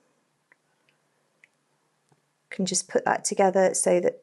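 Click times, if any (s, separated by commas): none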